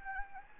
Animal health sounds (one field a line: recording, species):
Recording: mosquito wingbeat signal from an infrared sensor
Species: Anopheles arabiensis